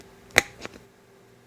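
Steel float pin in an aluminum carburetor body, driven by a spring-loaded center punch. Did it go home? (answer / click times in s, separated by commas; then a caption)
released / 0.4 s. A spring-loaded center punch is pressed against a seized steel float pin in an aluminum carburetor body until its spring releases with one sharp, bright click at 0.4 s, followed by a softer tap near 0.7 s. The shock pops the pin partly out of the carburetor, freeing it.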